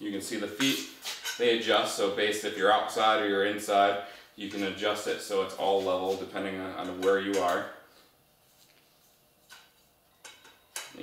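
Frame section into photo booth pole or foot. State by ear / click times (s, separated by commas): seated / 10.8 s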